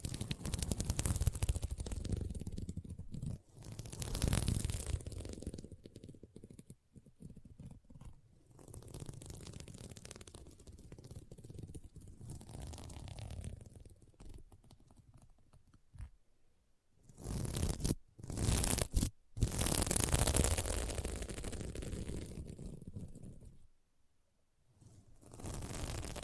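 Scratching across a sequin mermaid pillow in rough bursts, swelling and fading, with brief silences near 17 and 24 seconds.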